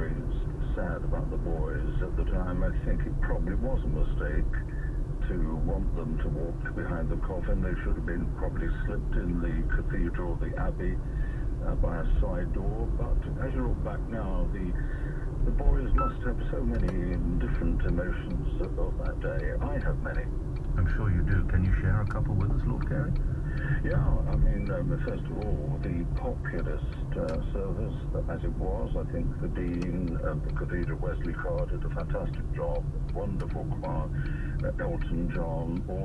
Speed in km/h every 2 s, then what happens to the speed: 35, 34, 32, 32, 31, 32, 34, 35, 35, 35, 32, 27, 26, 26, 27, 26, 23, 16.
0-18 steady at about 34. 18-23 slows to 26. 23-29 steady at about 26. 29-36 slows to 16.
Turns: 20-25.